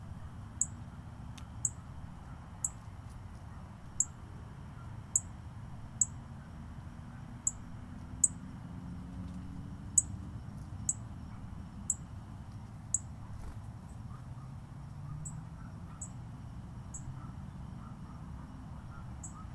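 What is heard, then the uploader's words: Outdoor ambience from a golf course in Palm Harbor, Florida. A steady low rumble runs throughout, while a high, thin chirp repeats at a fairly regular pace about once a second, fading out after roughly thirteen seconds. A soft midrange hiss sits underneath. Golf Course, Palm Harbor FL.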